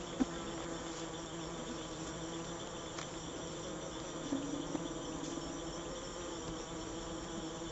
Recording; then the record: honeybee defence experiment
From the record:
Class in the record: alert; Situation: Africanized honeybees facing leafcutter ants (Atta)